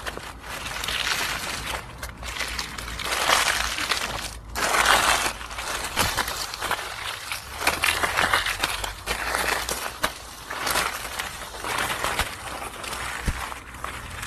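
Footsteps crunch through dry fallen leaves, each step a bright, crackling rustle lasting about a second. The steps come steadily with brief pauses near two and four seconds, over a faint low outdoor rumble and occasional sharp twig snaps.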